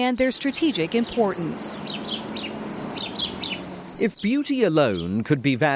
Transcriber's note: the sound of birds singing